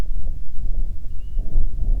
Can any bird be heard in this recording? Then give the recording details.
yes. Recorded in the Prudhoe Bay oil fields, Alaska, on 25 July 2019 at 01:48. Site 11